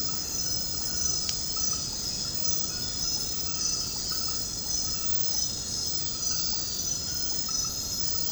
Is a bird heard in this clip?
no